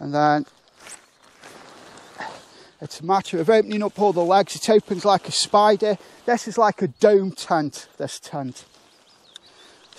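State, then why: Seated. Someone talks while opening the folding legs of a pop-up dome tent frame, which spread out like a spider. The tent pole legs snap into place in the central hub with two sharp, short clicks at 9.4 s and 9.9 s, and they are seated.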